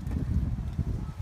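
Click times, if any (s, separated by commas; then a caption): none. A refitted headlight unit on a Porsche Cayenne, removed to fix a headlight water problem, is handled at the locking mechanism in the vehicle's front end while its locking handle is turned clockwise. Only low, muffled handling rumble is heard, with no sharp transients. Nothing has clicked or seated yet.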